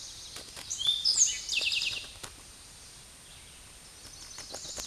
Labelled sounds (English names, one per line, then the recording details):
Eastern Towhee song
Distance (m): 10 m
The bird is about 5 m above the microphone
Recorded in a Pennsylvania forest on 16 May 2024 at 09:49
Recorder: AudioMoth, point MSD-0627
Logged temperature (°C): 14.8 °C
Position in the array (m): 107 m, 8 m